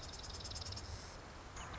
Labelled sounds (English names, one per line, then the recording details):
Marsh Wren
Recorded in Sonoma County, California